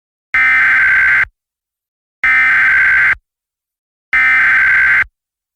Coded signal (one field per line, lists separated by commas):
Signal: Emergency Alert System (SAME) tones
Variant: header bursts